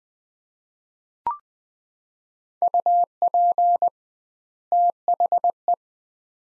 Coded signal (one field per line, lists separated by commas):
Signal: Morse code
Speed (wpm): 20 wpm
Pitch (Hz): 700 Hz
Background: none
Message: UP THE